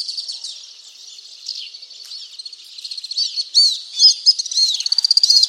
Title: Le chant du martinet à ventre blanc